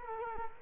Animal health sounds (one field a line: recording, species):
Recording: mosquito wingbeat signal from an infrared sensor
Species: Culex quinquefasciatus